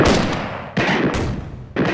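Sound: gunshots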